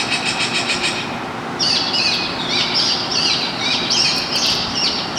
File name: Downtown Houston Bird at Caroline and Polk